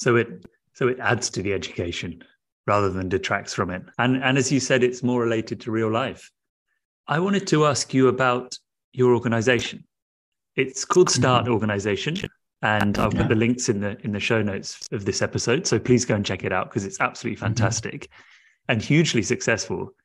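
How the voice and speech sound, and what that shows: A man speaks fluently at a steady conversational pace with brief pauses; the voice sounds ordinary.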